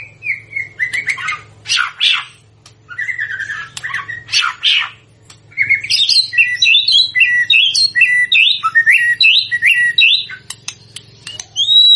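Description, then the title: White-rumped shama song: harsh chattering bursts alternating with whistles, then a long series of quick varied whistled notes ending in a clear high whistle, low hum behind. Used as a lure recording to make shamas respond; described as gacor, meaning singing vigorously and continuously. "PANCINGAN MEWAH MURAI BATU GACOR, SEKALI DENGAR AMPUH LANGSUNG RESPON"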